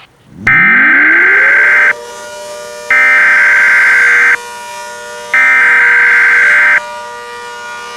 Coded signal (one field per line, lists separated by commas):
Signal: Emergency Alert System (SAME) tones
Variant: header bursts